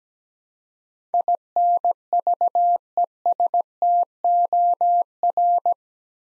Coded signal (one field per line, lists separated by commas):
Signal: Morse code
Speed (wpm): 17 wpm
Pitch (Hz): 700 Hz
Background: none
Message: INVESTOR